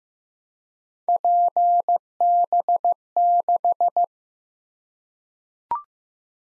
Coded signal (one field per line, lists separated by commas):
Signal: Morse code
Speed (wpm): 15 wpm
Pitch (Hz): 700 Hz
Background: none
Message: PB6